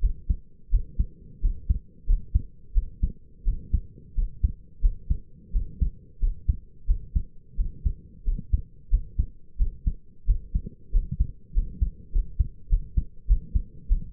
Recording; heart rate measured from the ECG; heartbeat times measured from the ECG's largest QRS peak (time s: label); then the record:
heart sounds by stethoscope; 91 bpm
0.01 s: heartbeat
0.71 s: heartbeat
1.41 s: heartbeat
2.06 s: heartbeat
2.74 s: heartbeat
3.44 s: heartbeat
4.15 s: heartbeat
4.81 s: heartbeat
5.52 s: heartbeat
6.20 s: heartbeat
6.87 s: heartbeat
7.57 s: heartbeat
8.25 s: heartbeat
8.90 s: heartbeat
9.58 s: heartbeat
10.26 s: heartbeat
10.92 s: heartbeat
11.53 s: heartbeat
12.12 s: heartbeat
12.69 s: heartbeat
13.27 s: heartbeat
13.88 s: heartbeat
From the record:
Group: healthy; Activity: rest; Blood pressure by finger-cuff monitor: 97/60 mmHg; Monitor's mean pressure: 69 mmHg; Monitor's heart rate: 90 bpm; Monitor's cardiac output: 6.7 L/min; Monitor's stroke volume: 74 mL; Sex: male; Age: 22 years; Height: 181 cm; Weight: 60 kg